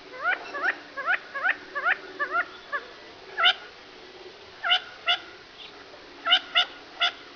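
Gambel's quail calling, short nasal notes delivered in quick runs, then scattered sharp single and paired notes, over a steady background hiss.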